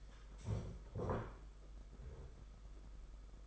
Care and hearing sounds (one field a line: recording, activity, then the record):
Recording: daily activity, microphone in the room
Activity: stand up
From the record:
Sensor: 5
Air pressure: 991.8 hPa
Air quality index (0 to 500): 141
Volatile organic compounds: 123 ppm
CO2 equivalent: 3890 ppm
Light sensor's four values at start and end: 32/108/40/43 and 32/108/40/43